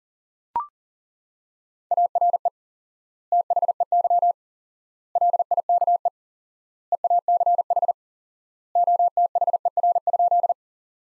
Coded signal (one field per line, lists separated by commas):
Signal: Morse code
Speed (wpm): 40 wpm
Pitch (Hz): 700 Hz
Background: none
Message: ARE THEY LIKE EACH OTHER?